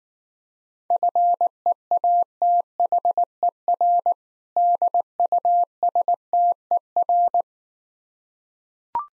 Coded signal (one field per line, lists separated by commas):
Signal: Morse code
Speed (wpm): 19 wpm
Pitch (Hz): 700 Hz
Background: none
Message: FEATHER DUSTER